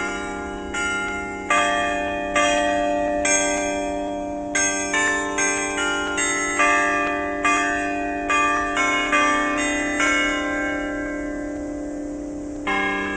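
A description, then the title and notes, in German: The carillon of Potsdam's Garrison Church plays a slow melody, each bell struck roughly every second and left to ring into the next. Bright, clear tones stack over a steady low hum of lingering bells, with a softer stretch near the end before a final strike. Glockenspiel der Potsdamer Garnisonkirche.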